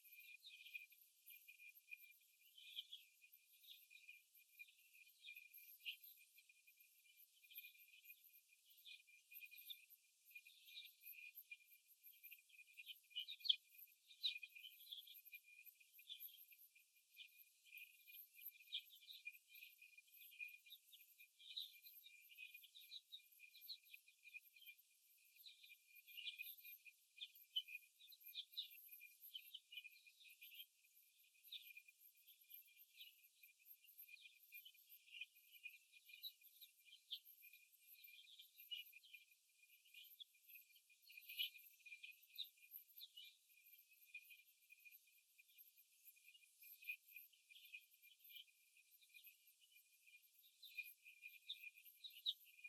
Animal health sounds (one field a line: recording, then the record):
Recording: young laying hens in a cage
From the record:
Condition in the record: after the stressor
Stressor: simulated dog barking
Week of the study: 1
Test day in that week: 2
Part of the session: 3